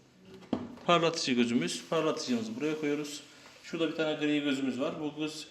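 On a Hoover H-Dish 350 dishwasher door, a tablet is placed in the detergent compartment and its plastic lid is closed, giving a single click at 0.5 s as the lid latches shut. Someone talks before and throughout the rest of the clip.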